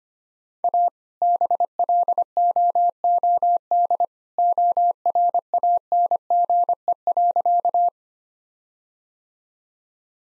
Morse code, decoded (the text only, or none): A BLOOD ORANGE.